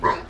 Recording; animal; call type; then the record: contact call of a hoofed animal; wild boar; grunt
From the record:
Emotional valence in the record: negative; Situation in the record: naturally occurring agonistic interactions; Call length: 0.30 s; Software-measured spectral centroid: 1660 Hz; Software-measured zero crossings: 2010 a second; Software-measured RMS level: -23 dBFS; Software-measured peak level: -8 dBFS